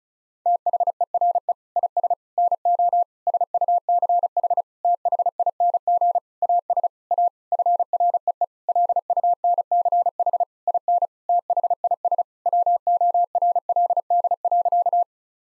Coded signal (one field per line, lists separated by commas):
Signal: Morse code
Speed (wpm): 36 wpm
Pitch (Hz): 700 Hz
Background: none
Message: THERE IS NO SUCH THING AS A FREE LUNCH IN THIS WORLD.